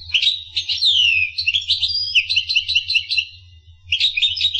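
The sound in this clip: Finch twittering song with slurred descending whistles and quick chirps, a short lull near the end, then chirping resumes; steady low hum behind.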